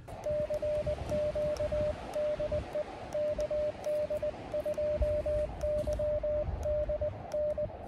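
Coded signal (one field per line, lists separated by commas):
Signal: Morse code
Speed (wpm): 18 wpm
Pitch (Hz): 600 Hz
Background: radio noise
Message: CQ DE KD2YDN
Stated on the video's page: QRP CW summit and park activation of two summits, very cold and windy conditions.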